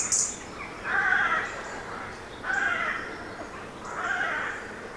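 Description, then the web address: Rooks calling with three hoarse, drawn-out caws spaced about a second and a half apart, with a brief high chirp from a small bird at the start. Many rooks calling from trees. "Hollywood Edge Historical Series. Rooks in Trees"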